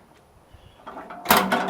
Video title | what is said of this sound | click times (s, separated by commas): Why We Chose the 2024 Ember 201FBQ Overland Travel Trailer | and locks in place um so yeah it just just makes a much better experience for getting in and out of the RV | 1.3 s